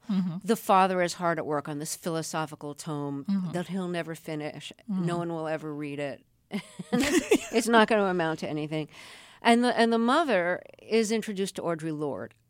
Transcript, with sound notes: The father is hard at work on this philosophical tome that he'll never finish. No one will ever read it.
(LAUGHTER)
It's not going to amount to anything. And the mother is introduced to Audre Lorde.